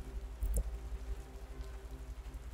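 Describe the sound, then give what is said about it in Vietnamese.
Heavy rain pours down in gloomy, overcast weather, a steady, hissing wash over a low rumble, with a brief louder thump early on and no voices. “Thời tiết u ám cộng với mây mưa có phần nặng hạt”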